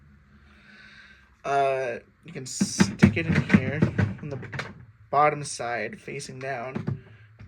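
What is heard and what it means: Someone talks while a small plastic, iPod-like Vtech portable recorder with three buttons (previous, play, next) is handled, face down, toward its slot on the underside of a toy DJ keyboard. The clip ends before the recorder goes home, so nothing has seated or clicked in place yet.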